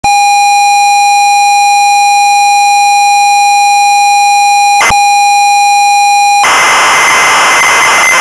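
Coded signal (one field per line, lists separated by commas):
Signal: ZX Spectrum tape loading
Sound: steady buzzing pilot tone, a short screech, the tone again, then harsh rasping data noise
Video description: This is an oscilloscope view of a ZX Spectrum loading a program from tape. (In reality, it's actually a ZX spectrum emulator (EightyOne, to be exact) loading a program from a WAV file).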